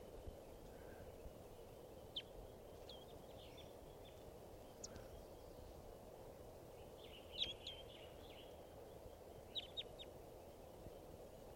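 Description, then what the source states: Crossbill calls: scattered short, sharp chips, some in quick doublets, over steady low background hiss. Flock of about 10-15 interacting in the top of an Apache pine, joining a male, recorded at 6:24.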